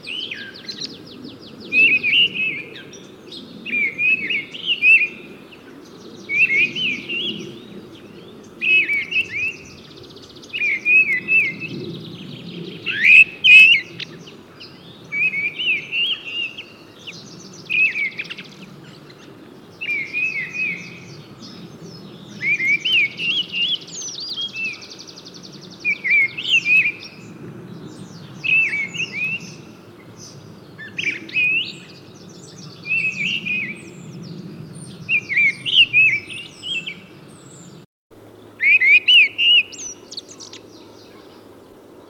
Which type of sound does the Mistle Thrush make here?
song